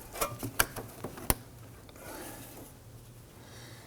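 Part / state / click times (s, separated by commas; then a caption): vent solenoid into canister mount / seated / 0.6 s, 1.3 s. A purge/vent solenoid for a 2015-2024 Nissan Murano is pushed in and twisted down into its mount on the vapor canister. Sharp plastic clicks ring out at 0.6 s and 1.3 s as it locks and seats, amid softer handling taps and low background hum.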